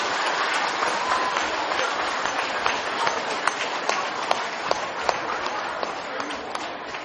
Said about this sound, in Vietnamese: và bây giờ là phần thưởng dành cho gần 4.000 phật tử tham dự khóa tu một ngày an lạc tại tu viện Tường Vân, là một tràng vỗ tay thật dài và thật lớn.